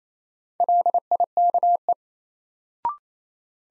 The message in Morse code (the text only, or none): LIKE